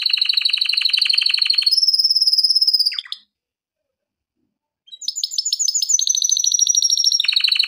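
Canary song: rapid buzzy trills and rolling tours at high pitch, switching to a sustained whistled note, then a pause of nearly two seconds before more fast trills resume.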